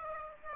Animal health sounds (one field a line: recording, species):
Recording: mosquito wingbeat signal from an infrared sensor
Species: Aedes aegypti